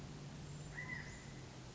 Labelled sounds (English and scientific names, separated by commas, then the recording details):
California Quail (Callipepla californica)
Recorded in Sonoma County, California